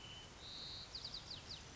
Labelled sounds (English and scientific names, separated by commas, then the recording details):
White-crowned Sparrow (Zonotrichia leucophrys)
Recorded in Sonoma County, California